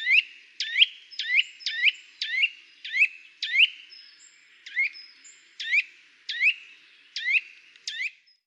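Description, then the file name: Eurasian nuthatch uttering clear, upslurred piping calls in a quick, uneven series that slows slightly toward the end. "Sitta europaea"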